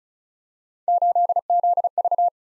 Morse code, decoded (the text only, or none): 8ZV